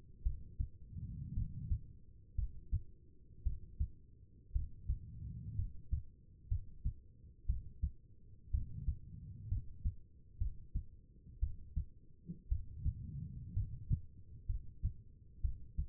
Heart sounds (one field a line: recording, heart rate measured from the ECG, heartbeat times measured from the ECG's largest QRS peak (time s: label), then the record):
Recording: heart sounds by stethoscope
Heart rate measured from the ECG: 59 bpm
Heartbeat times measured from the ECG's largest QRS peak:
0.23 s: heartbeat
1.34 s: heartbeat
2.35 s: heartbeat
3.43 s: heartbeat
4.52 s: heartbeat
5.56 s: heartbeat
6.48 s: heartbeat
7.46 s: heartbeat
8.51 s: heartbeat
9.48 s: heartbeat
10.38 s: heartbeat
11.40 s: heartbeat
12.48 s: heartbeat
13.53 s: heartbeat
14.46 s: heartbeat
15.41 s: heartbeat
From the record:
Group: healthy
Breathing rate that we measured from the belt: 15 breaths a minute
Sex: female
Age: 36 years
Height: 163 cm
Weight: 88 kg